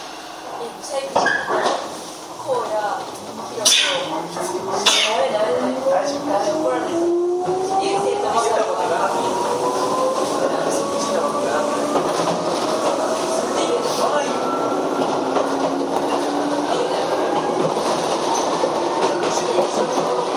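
Inside a train on the Chichibu Railway main line, a rising motor whine climbs steadily in pitch as the train accelerates after about seven seconds. Before that, clunks, knocks and voices are heard; afterward a dense, steady rumble of wheels and hiss continues.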